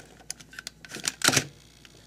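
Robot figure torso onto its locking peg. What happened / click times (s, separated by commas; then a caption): The plastic torso clicked onto its locking peg / 0.3 s. The plastic torso of a Hasbro Masterpiece MP-08 Grimlock Transformers robot figure is lowered onto its locking peg and clicks into place with a sharp snap at 0.3 s. Lighter plastic ticks follow, then a louder burst of plastic handling and clatter around 1.1–1.4 s and a small tick at 2.1 s. The torso is locked in place.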